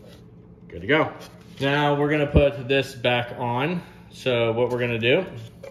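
Someone talks while handling the plastic dust bin of an iRobot Roomba robot vacuum, getting it ready to go back on with the green part face down and the notch lined up. Soft handling noises sit under the talking. The bin has not seated or clicked into place yet.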